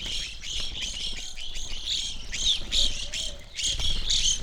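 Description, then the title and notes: Evening Grosbeaks give a quick series of high, clear chirps, overlapping and uneven, with occasional soft low rumbles underneath. Flock feeding busily on sunflower seeds at a feeder hung from a birch tree in a backyard, McCloud, Siskiyou County, California; relatively warm winter morning; two microphones either side of the trunk. "I recorded this at my home in the small town of McCloud in Siskiyou County, California. It was a relatively warm winter morning, and a flock of Evening Grosbeaks was busily eating a breakfast of sunflower seeds from a feeder hanging from the branch of a birch tree in my backyard."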